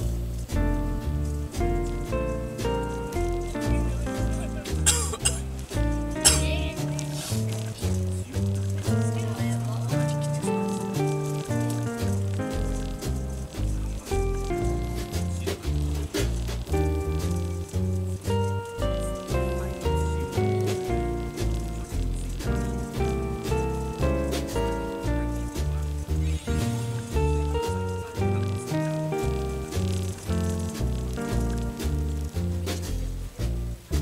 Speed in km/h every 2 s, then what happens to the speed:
28, 28, 28, 31, 31, 29, 28, 27, 25, 25, 25, 25, 25, 23, 20, 21, 14.
0-8 steady at about 28. 8-16 slows to 25. 16-25 steady at about 25. 25-34 slows to 14.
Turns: none.